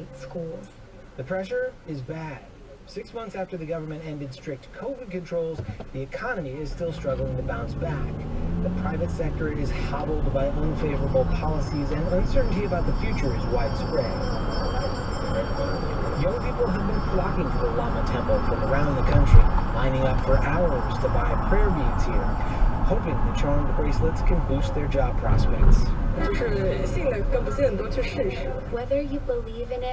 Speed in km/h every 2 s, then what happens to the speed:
0, 0, 0, 0, 11, 23, 32, 37, 42, 47, 44, 39, 32, 23, 15.
0-6 standing. 6-17 pulls away to 47. 17-28 slows to 15.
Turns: 8-14.